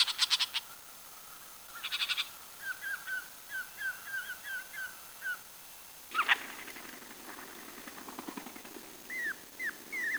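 Bird calls: a few buzzy bursts, then a run of short whistled chirps, then louder mixed notes and three downslurred whistles near the end.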